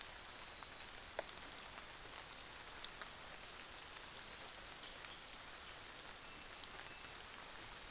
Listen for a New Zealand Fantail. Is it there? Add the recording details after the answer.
yes. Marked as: faintness 5/5, faintness 4/5. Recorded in New Zealand on 24 December 2018. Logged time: 06:00